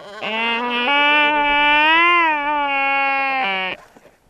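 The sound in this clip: Black-browed albatross giving one loud, rich, harmonic wail of about three and a half seconds, rising slightly in the middle and dropping in pitch at the end.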